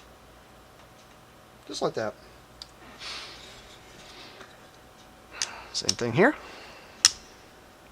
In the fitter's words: folds in all nice and neat actually has a nice click to it